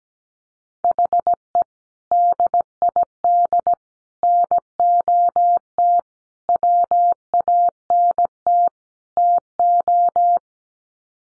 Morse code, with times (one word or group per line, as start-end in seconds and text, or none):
0.8-1.6 HE
2.1-3.7 DID
4.2-6.0 NOT
6.5-8.7 WANT
9.2-10.4 TO